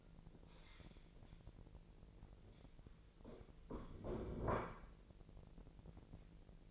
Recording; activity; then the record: daily activity, microphone in the room; stand up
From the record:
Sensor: 5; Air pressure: 1002.0 hPa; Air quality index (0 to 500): 247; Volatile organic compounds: 30 ppm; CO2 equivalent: 2967 ppm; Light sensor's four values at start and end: 42/100/42/45 and 42/101/42/46